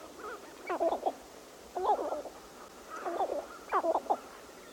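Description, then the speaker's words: Sharp-tailed grouse display sounds in several short bursts of bubbly, warbling notes, separated by brief quiet gaps. Sounds from a sharp-tailed grouse lek, described as bubbly and otherworldly, made with throat sacs; the display is attractive to female sharp-tailed grouse. "So we are going to end with some of the sounds that come from a sharp-tailed grouse lek"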